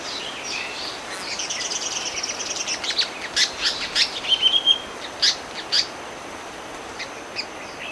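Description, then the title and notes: Mascarene Paradise-Flycatcher giving a run of high, thin chirping notes that tighten into quick clusters and then thin out to single notes, with soft hiss behind. "Mascarene Paradise-Flycatcher recording courtesy of Cedric Mroczko"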